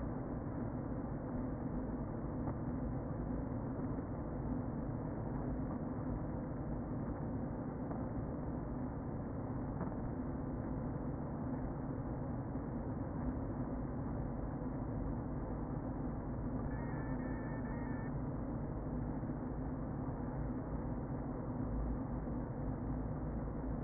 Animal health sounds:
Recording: honeybee colony, microphone inside the hive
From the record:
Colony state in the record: queen present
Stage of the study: before two queens were removed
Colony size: about 60,000 bees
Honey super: yes

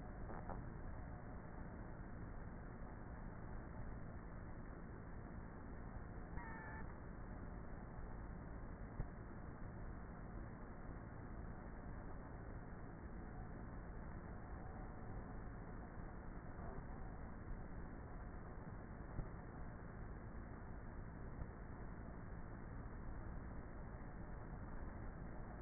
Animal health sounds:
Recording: honeybee colony, microphone inside the hive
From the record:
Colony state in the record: queenless with a low population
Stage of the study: before two queens were removed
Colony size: about 30,000 bees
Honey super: no

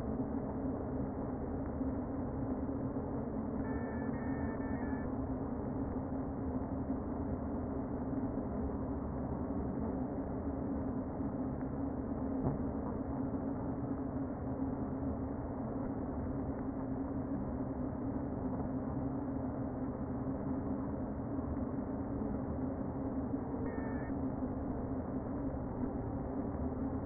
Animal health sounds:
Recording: honeybee colony, microphone inside the hive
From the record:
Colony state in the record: queen present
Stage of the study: before two queens were removed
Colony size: about 60,000 bees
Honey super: yes

